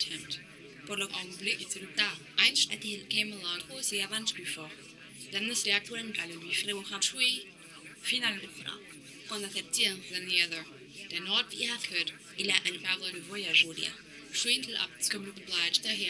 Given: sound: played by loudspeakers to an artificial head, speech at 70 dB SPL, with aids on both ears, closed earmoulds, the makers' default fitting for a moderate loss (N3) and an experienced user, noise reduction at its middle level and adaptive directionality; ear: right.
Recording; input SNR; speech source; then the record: speech test signal (ISTS) in cocktail-party noise; +6 dB; in front (0 degrees)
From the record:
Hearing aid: class 2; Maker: J